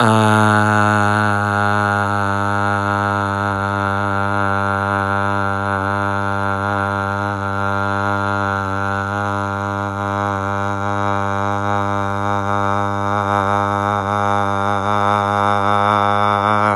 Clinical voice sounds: sustained vowel /a/; male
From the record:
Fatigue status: no fatigue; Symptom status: asymptomatic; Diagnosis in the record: COVID-19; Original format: m4a

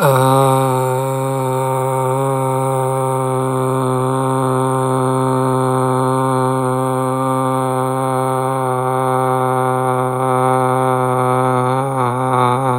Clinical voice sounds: sustained vowel /a/; male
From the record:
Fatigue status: no fatigue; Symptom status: symptomatic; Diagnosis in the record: COVID-19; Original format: m4a

